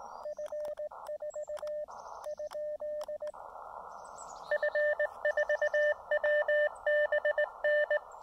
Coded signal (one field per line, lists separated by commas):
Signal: Morse code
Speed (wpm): 19 wpm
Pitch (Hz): 590 Hz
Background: none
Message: F4 ? F4WBN